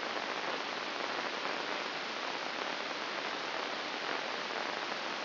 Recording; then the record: brain microelectrode recording played as sound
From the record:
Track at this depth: inside the subthalamic nucleus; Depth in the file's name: 1.407 mm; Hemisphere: right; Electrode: 2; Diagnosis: Parkinson's disease